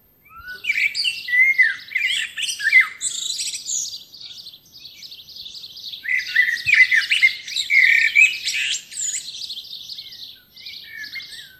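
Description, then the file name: Eurasian blackbird giving a long, continuous jumble of squeaky, twittering and warbled notes, busy and high-pitched throughout. "Turdus merula"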